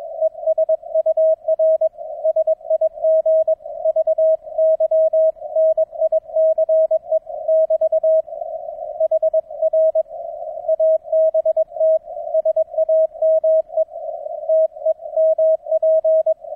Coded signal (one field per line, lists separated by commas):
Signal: Morse code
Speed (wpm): 21 wpm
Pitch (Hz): 640 Hz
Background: none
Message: ES UR SIG VY NICE <BT> HR ABT SAME TEMP